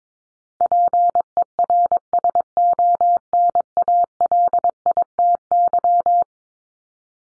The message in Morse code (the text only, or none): PERSONALITY